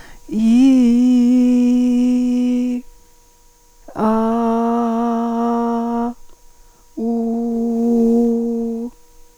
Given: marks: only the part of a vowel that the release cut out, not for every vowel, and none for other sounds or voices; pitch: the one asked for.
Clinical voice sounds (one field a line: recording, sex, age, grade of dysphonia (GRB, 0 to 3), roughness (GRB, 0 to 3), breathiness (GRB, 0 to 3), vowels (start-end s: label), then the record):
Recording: sustained vowels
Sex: female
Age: 40 to 49 years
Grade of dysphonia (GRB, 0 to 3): 2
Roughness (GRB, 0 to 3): 0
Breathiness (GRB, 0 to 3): 2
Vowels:
0.45-2.59 s: vowel /i/, low-high-low pitch
4.12-5.95 s: vowel /a/, low-high-low pitch
7.12-8.69 s: vowel /u/, low-high-low pitch
From the record:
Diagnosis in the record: dysphonia, dysodia (singing voice disorder)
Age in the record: 47 years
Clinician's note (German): Multifaktoriell